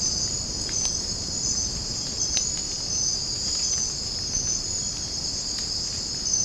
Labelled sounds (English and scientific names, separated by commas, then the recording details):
none
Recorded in secondary vegetation near Puerto Asís, Putumayo, Colombia, on 12 March 2025 at 04:00
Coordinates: 0.481, -76.318
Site G097